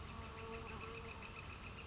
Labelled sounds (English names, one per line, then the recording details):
Northern Flicker
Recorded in Sonoma County, California